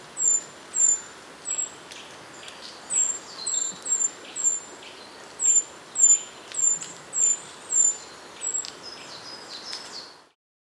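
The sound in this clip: Treecreeper: a string of very high, thin, tsee-like notes repeated about twice a second, with a few brief descending slurs woven in.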